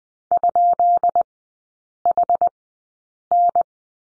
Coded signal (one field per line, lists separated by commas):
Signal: Morse code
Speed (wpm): 20 wpm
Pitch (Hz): 700 Hz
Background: none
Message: ?HN